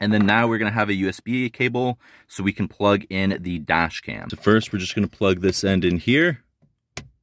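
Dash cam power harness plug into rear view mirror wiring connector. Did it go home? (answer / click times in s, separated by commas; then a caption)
yes / 7.0 s. Someone talks while one end of a dash cam power harness connector is plugged into the rear view mirror wiring connector behind the mirror trim. After a brief pause, a single sharp click at 7.0 s marks the connector seating.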